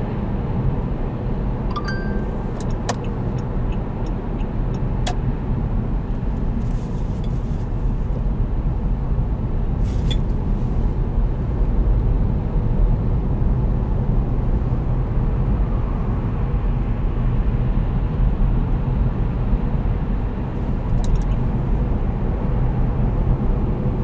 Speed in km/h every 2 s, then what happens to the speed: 60, 59, 51, 46, 46, 47, 50, 50, 51, 51, 49, 51.
3-7 slows to 46. 7-20 steady at about 50.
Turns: none.